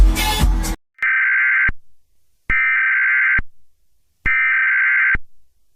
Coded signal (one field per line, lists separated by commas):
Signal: Emergency Alert System (SAME) tones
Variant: header bursts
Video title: The EAS Scenario: The Darkness Invasion of San Andreas